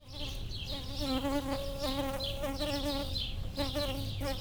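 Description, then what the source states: Bumblebee buzzing steadily, a harmonic drone that shifts slightly in pitch, with intermittent higher chirping notes layered above. Bumblebees approaching a flowering lavender, recorded with a pair of microphones placed in the plant.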